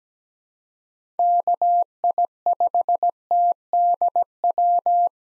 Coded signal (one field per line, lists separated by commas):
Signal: Morse code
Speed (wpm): 17 wpm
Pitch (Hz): 700 Hz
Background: none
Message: KI5TDW